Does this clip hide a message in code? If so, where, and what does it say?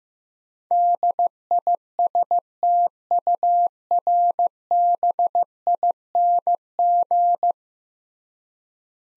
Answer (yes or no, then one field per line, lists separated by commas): yes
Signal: Morse code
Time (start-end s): 0.7-7.5 s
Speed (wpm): 15 wpm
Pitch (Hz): 700 Hz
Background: none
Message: DISTURBING